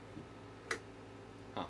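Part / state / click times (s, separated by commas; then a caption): pull-out faucet spray head into faucet spout / seated / 0.7 s. The pull-out sprayer head of a stainless steel kitchen faucet in a 2022 Little Guy Micro Max teardrop trailer is pushed back into its spout dock after several tries. A single sharp tick at 0.7 s marks the moment it seats, followed by a duller, softer thump around 1.6 s over a low steady hum. The sprayer head is snapped back in place.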